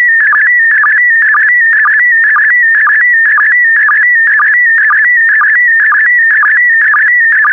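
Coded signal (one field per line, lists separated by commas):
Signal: SSTV (slow-scan television)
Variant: PD120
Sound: warbling whistle-like tone around 2 kHz with steady rhythmic low blips twice a second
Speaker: 5, 4, 3, 2, 1. Thank you. Transmission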